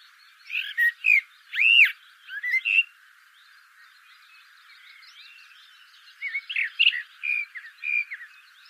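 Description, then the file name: Common blackbird song in two phrases: loud, arched whistled notes, then a softer, rambling sequence of short warbles and chirps after a pause. "Turdus merula"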